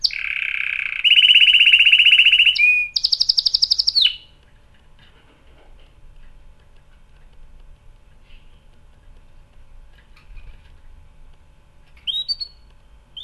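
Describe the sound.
Canary song of loud buzzy trills and a higher rattling phrase for about four seconds, followed by near silence with a few faint chirps.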